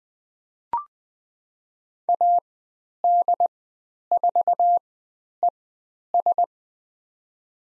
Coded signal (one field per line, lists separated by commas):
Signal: Morse code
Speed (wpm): 20 wpm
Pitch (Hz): 700 Hz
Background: none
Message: AD4ES